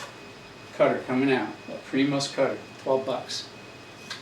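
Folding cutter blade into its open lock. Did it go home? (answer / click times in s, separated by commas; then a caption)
yes / 4.1 s. A folding cutter is taken out of a pocket while someone talks, and its blade is opened. A short click at 4.1 s marks the blade locking into its open position.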